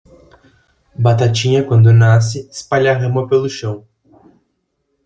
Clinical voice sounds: short text; Brazilian Portuguese; male; 20 to 29 years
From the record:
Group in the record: control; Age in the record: 24 years

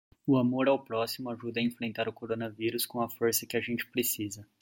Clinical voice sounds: spoken sentence; Brazilian Portuguese; male; 30 to 39 years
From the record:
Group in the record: control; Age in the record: 31 years

